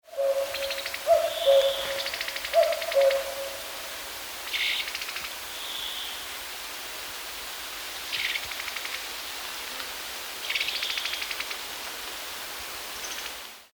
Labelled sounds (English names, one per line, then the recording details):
Hazel Grouse
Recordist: Frommolt, Karl-Heinz
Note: Rufe einer Henne